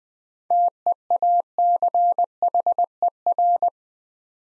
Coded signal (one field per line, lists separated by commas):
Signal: Morse code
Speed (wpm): 20 wpm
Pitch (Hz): 700 Hz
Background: none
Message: TEACHER